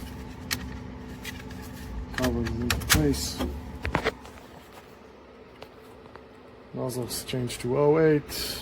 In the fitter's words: snaps into place